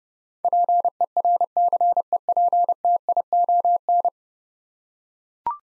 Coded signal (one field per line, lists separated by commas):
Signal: Morse code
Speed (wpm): 30 wpm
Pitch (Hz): 700 Hz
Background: none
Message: PERCEPTION